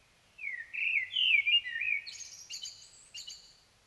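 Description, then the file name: Common blackbird delivering a mellow, whistled warble lasting about two seconds, followed by a few sharp, high squeaky chirps; otherwise quiet. "Turdus merula"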